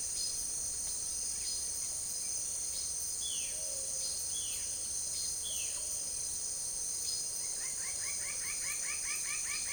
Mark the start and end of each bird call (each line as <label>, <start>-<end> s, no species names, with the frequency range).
bird call (0.3-3.8 kHz), 3.23-4.69 s
bird call (1.1-4.0 kHz), 5.36-5.87 s
bird call (0.6-2.5 kHz), 7.46-9.72 s